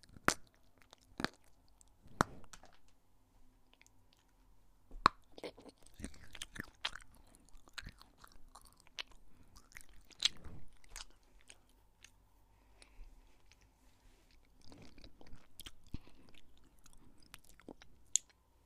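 Someone is eating crisps and chocolate, with sharp crunchy bites and snaps that come irregularly every second or two, some louder than others. Between the bites there is softer chewing and rustling, and a faint steady hum runs underneath throughout.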